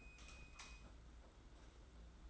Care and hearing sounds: daily activity, microphone in the room; light off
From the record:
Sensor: 3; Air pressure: 991.9 hPa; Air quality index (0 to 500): 220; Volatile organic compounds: 1000 ppm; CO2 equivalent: 7553 ppm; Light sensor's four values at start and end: 24/64/26/23 and 16/38/15/14

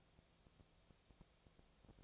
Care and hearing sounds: daily activity, microphone in the room; no activity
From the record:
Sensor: 1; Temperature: 19.6 degrees Celsius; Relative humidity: 36.5%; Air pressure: 997.0 hPa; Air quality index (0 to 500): 204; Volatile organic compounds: 129 ppm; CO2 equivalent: 3924 ppm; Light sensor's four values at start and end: 1/2/1/1 and 1/2/1/1

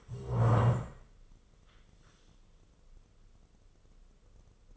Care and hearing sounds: daily activity, microphone in the room; stand up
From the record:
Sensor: 4

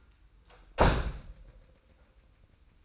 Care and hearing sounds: daily activity, microphone in the room; close door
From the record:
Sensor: 2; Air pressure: 990.2 hPa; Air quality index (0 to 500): 180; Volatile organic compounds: 1000 ppm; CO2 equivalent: 5726 ppm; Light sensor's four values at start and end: 34/80/33/33 and 35/81/33/33

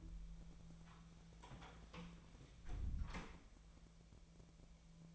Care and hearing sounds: daily activity, microphone in the room; close door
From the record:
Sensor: 1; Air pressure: 1000.5 hPa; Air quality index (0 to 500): 184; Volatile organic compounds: 4 ppm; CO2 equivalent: 1702 ppm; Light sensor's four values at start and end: 12/28/11/13 and 11/27/11/13

